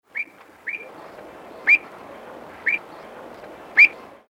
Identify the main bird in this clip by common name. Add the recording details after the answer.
Pied Avocet. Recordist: Tembrock, Günter. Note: Rufe